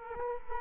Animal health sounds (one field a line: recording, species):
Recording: mosquito wingbeat signal from an infrared sensor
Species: Culex quinquefasciatus